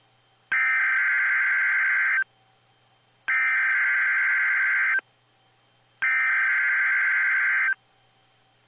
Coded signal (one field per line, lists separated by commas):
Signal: Emergency Alert System (SAME) tones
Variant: header bursts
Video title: NOAA - 2 High Wind Watches (EAS #1,297 1,298) READ DESC